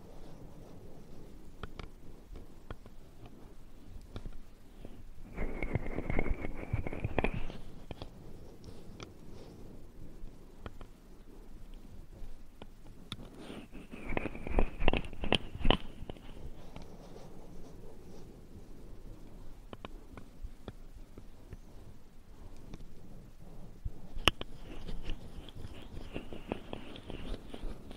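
Ear cleaning and ear massage sounds: soft rubbing and rustling with a low muffled rumble throughout. Denser bursts of scratchy, crackling strokes come around 5–7 seconds, 13–16 seconds and again near 24 seconds, each with a thin bright whistle-like tone riding above.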